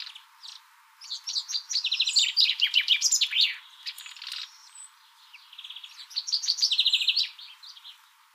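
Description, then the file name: Common chaffinch song: two phrases of rapid repeated notes, with a pause between them. "Fringilla coelebs"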